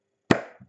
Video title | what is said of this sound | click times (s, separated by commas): [CONSTRUCTION] LEGO Ninjago : Monastery Training [FR] | Donc, la petite barre à ce niveau-là, qui est bien clipsée comme vous pouvez le remarquer. | 0.3 s